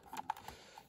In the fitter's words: there we go and just clicks into place